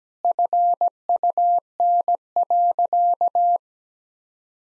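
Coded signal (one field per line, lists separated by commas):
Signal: Morse code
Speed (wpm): 17 wpm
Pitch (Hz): 700 Hz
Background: none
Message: FUN.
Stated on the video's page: Morse practice of sentences with common two-word phrases at 17 wpm; each sentence sent, then spoken, then sent again.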